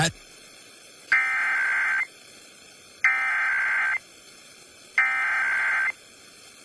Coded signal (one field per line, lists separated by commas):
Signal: Emergency Alert System (SAME) tones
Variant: header bursts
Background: speech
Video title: Required Monthly Test on WMMR-FM [EAS #988]